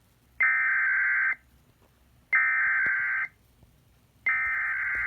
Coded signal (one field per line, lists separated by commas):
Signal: Emergency Alert System (SAME) tones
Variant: header bursts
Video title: CO SVR (5/16/21) EAS 246